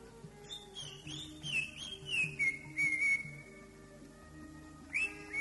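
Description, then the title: Greater green leafbird whistling clear, sliding notes that dip and rise in short phrases, with a low steady hum and soft background clatter. "Cio. Burung Cucak Ijo"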